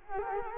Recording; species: mosquito wingbeat signal from an infrared sensor; Culex quinquefasciatus